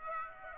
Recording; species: mosquito wingbeat signal from an infrared sensor; Aedes aegypti